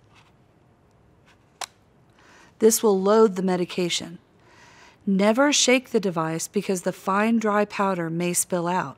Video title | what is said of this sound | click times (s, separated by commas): Inhub Tutorial | push the yellow lever down to the end of the purple arrows and you may hear a click like this | 1.6 s